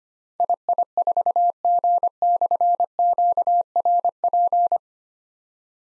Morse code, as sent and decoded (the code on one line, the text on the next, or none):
.. .. ....- --. -..-. --.- .-. .--.
II4G/QRP